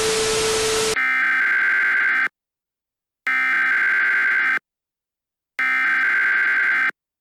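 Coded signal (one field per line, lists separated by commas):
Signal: Emergency Alert System (SAME) tones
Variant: header bursts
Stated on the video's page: Fictional EAS scenario.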